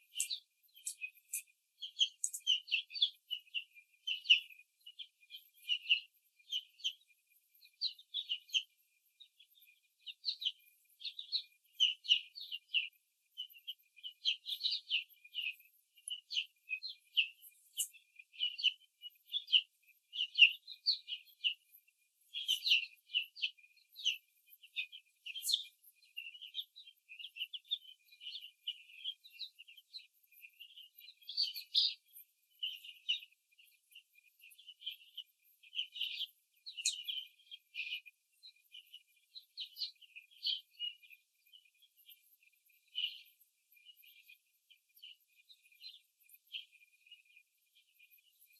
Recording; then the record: young laying hens in a cage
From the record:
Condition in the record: before the stressor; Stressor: simulated dog barking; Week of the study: 3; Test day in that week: 1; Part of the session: 2